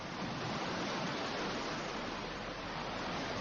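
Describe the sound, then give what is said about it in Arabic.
A steady, unbroken roar of ocean waves from afar, heard from inside a car driving toward the beach, a dense rushing hiss that holds an even loudness throughout with no distinct breaking crests and no voices. “من بعيد كان يسمع هدير الموج.”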